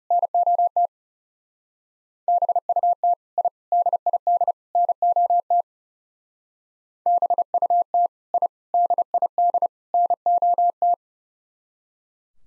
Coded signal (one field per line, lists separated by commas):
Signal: Morse code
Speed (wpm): 34 wpm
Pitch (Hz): 700 Hz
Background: none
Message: NOT BUT I DID NOT BUT I DID NOT